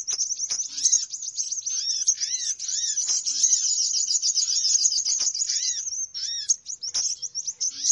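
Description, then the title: Birds chattering in a constant high twitter, punctuated by repeated arched whistles and sharp clicks at intervals. Noisy bird lure sounds for attracting birds, said to draw many birds in soon after they start. "Baru Diputar Dah Banyak Merapat! Suara Pikat Burung Ribut"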